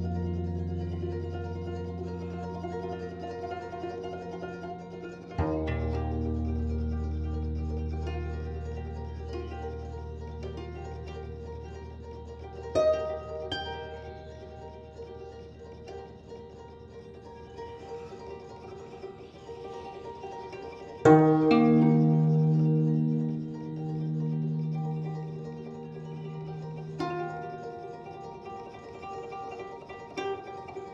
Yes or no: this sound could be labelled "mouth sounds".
no